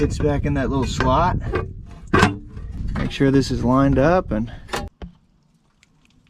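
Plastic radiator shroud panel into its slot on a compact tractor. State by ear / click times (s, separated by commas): not seated / none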